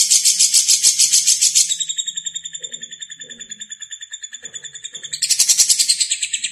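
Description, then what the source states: Lovebird starts with loud, rapid chirps, drops to a softer, even series of ticking notes, then bursts loud again. Lovebird singing in the konslet style.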